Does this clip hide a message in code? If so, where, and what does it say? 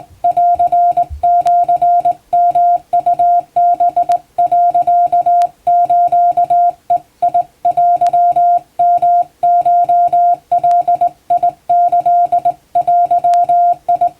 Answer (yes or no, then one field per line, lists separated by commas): yes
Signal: Morse code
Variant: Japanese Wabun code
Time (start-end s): 0.2-14.1 s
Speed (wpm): 20 wpm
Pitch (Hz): 700 Hz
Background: music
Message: ンシヨウハ、スベテヨコガキデ